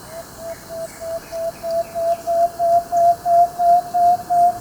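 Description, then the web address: Plain-backed antpitta song: a steady series of hollow whistled notes, about three each second, growing louder, with faint background hiss. Recorded in Ecuador. "Natures Songs S America Birds of Ecuador 2 Plain-Backed Antpitta"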